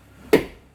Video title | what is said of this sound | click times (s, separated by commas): Como resolver barulho na coluna do FORD KA 2015 - 2019 | Beleza, já tá travado. | 0.3 s